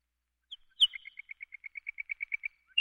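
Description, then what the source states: Lark song: a sharp high note, then an even series of about fourteen short tinkling chips that rise slightly in pitch, in quiet surroundings. Prairie race.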